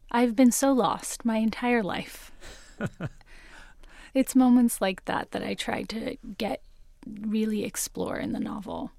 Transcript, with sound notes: I've been so lost my entire life.
(Laughter).
It's moments like that that I try to get - really explore in the novel.